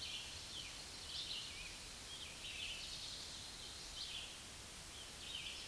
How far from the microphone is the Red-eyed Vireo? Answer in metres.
about 15 m